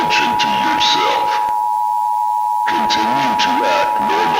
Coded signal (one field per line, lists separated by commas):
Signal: Emergency Alert System (SAME) tones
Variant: 853 and 960 Hz attention tone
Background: speech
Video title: EAS